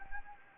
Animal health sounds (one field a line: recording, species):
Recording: mosquito wingbeat signal from an infrared sensor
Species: Anopheles arabiensis